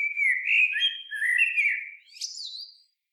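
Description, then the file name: Common blackbird in continuous mellow warbling, the fluty notes wavering before a squeaky high flourish rounds off the phrase. "Turdus merula"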